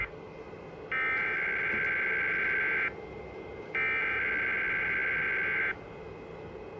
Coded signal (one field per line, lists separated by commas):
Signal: Emergency Alert System (SAME) tones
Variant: header bursts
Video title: EAS #43 (Pt. 2) - Required Monthly Test/Earthquake Drill